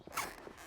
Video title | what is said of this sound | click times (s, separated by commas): How to Install a Car Seat Without Its Base (European Style) | You can often hear the belt click back in. If you hear it clicking, it means you're getting it tighter. | 0.2 s